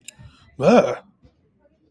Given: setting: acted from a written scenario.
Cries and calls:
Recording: vocal sound without words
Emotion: negative surprise

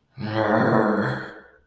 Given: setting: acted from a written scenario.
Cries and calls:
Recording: vocal sound without words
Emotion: disappointment

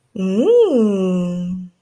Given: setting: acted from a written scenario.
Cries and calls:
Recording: vocal sound without words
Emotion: interest

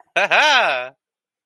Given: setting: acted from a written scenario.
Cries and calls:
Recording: vocal sound without words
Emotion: amusement

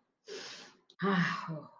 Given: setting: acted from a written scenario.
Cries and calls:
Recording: vocal sound without words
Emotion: relief

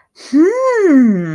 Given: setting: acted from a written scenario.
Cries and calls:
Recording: vocal sound without words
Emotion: interest

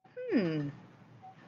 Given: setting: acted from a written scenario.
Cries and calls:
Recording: vocal sound without words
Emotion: realization

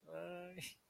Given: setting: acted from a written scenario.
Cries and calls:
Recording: vocal sound without words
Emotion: shame

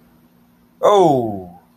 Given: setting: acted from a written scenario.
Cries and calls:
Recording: vocal sound without words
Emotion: triumph

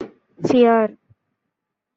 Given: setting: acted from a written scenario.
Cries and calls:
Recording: vocal sound without words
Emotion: fear

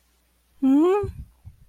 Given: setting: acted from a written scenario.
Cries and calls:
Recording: vocal sound without words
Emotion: confusion

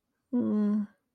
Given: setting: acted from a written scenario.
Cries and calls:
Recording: vocal sound without words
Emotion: sympathy

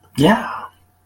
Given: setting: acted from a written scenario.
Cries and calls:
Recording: vocal sound without words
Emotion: triumph

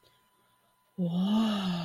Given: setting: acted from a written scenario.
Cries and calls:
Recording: vocal sound without words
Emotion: ecstasy

